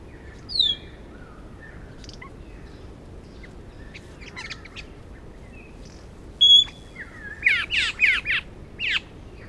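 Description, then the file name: Australasian figbird calls: a few scattered high whistled notes, then a burst of loud harsh squawky notes near the end, with quiet background hiss. "Sphecotheres Vieilloti"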